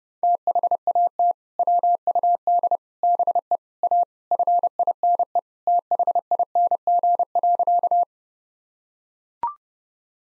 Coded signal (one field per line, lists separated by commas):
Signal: Morse code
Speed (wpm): 30 wpm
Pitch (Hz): 700 Hz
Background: none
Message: THAT WUD BE A FINE THING.